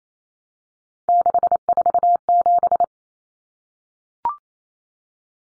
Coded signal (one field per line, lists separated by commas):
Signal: Morse code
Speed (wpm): 28 wpm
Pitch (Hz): 700 Hz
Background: none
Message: 647